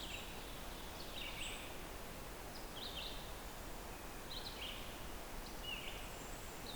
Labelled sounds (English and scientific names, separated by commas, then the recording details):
Red-eyed Vireo (Vireo olivaceus) song
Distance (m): 105 m
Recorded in boreal forest in Alberta, Canada, on 14 June 2016 at 06:56
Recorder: SongMeter 3, array SBT-3-33
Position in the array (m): 132 m, 157 m